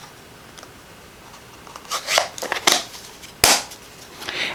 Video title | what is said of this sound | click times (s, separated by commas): Snowglobe Christmas Card | heard that snap anytime you're using these inks make sure you hear that snap when you close them because that way it assures that your ink is sealed | 3.4 s